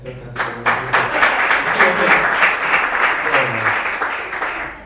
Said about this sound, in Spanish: Sí, bueno, casi me puse un aplauso. Esto es casi un aplauso.